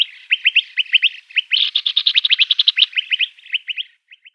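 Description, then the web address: Eastern rock nuthatch giving quick repeated chirping calls, paired notes at first, then a dense overlapping trill-like run in the middle before spaced chirps resume. "Schulze Peter Eastern Rock Nuthatch"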